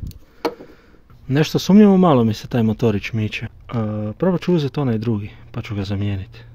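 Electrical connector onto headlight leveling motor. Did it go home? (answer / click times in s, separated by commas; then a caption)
no / none. While the passenger headlight leveling motor on an Alfa 156 is being swapped, a plastic electrical connector is handled for plugging onto the other leveling motor, with a few faint handling ticks near the start, the sharpest around 0.5 s. Someone then talks over a low background hum. The connector has not seated or clicked yet.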